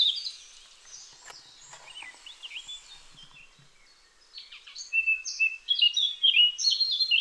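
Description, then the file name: Eurasian blackcap song: a quiet, scratchy warble that becomes louder and more varied halfway through, with high chattering and fluty notes. "Sylvia atricapilla"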